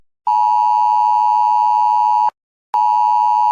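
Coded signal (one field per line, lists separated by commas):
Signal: Emergency Alert System (SAME) tones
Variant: 853 and 960 Hz attention tone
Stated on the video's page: Fictional, made-up EAS scenario.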